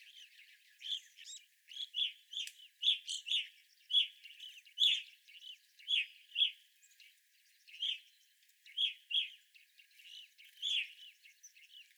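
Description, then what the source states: Evening grosbeak calls, an irregular run of loud, slightly burry chirps, with quieter twitters filling the gaps. Group of evening grosbeaks recorded 25 April 2021.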